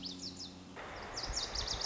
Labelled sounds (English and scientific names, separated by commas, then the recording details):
Lazuli Bunting (Passerina amoena)
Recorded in Sonoma County, California